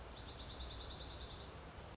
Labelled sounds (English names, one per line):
Dark-eyed Junco